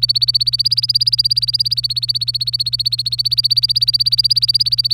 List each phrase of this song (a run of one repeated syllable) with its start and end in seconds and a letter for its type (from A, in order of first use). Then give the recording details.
0.00-4.93 A. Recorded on 25 April 2018 at 09:27. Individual llb3